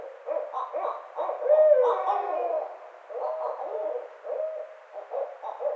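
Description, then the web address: Barred owl hooting and cackling, a steady run of wavering hoots, with a louder drawn-out call in the first half. Recorded on 29 May 2009. "sounds birds Barred Owl 2009 05 29 Barred Owl"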